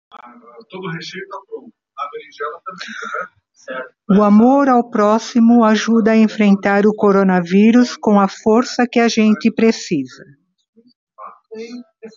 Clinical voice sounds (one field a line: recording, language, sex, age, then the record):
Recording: spoken sentence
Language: Brazilian Portuguese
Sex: female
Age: 60 to 69 years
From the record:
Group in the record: control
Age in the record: 64 years